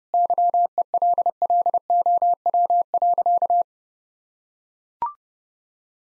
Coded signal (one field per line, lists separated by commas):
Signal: Morse code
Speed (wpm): 30 wpm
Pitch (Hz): 700 Hz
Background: none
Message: YELLOW.